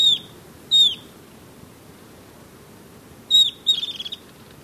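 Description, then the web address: Golden-faced tyrannulet giving high, falling whistled notes, two spaced apart, then another followed by a quick run of short pips. Recorded in Ecuador. "Natures Songs S America Birds of Ecuador Golden-faced Tyrannulet"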